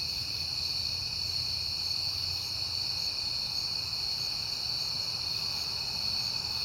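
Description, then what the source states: Crickets keep up an unbroken high, ringing trill, with a quiet low-pitched rumble in the background. Crickets at night in September, on a peaceful night.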